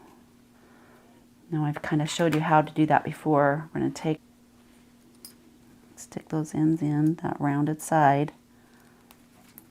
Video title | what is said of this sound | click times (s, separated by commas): How To Sew a Zipper // 2 Simple Methods | it kind of Clicks in place you can kind of hear it | 9.6 s